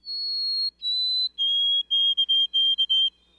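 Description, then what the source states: White-throated Sparrow song: two long, pure whistles, the second a touch lower, then a lower held whistle followed by a quick run of short repeated notes. Song known by the mnemonic "Oh, sweet Canada, Canada, Canada".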